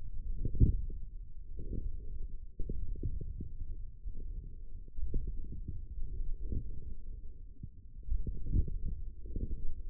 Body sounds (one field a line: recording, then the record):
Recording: forearm muscle sounds (acoustic myography)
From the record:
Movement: forearm supination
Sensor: system 1, eight BSWA MPA416 microphones around the upper forearm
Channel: 3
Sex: male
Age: 20 years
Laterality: left